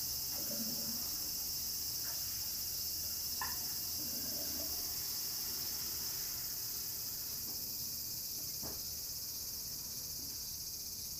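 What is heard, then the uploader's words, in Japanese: Cicadas drone in a garden with a constant, bright, unbroken hiss, over a low hum and a few faint knocks and chirps. 洗濯機が止まるまで庭を録ってみた。中盤あたりから騒がしくなります(セミのせい)。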